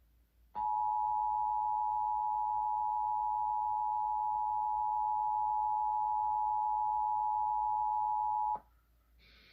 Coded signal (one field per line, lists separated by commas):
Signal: Emergency Alert System (SAME) tones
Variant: 853 and 960 Hz attention tone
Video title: Iowa EAS Required Monthly Test (March 4, 2020)